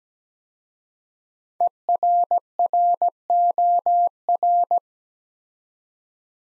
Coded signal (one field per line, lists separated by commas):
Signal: Morse code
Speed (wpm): 17 wpm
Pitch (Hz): 700 Hz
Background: none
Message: ERROR